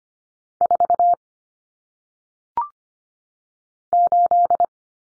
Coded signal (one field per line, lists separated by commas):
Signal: Morse code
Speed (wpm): 25 wpm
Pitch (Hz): 700 Hz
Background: none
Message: 4 8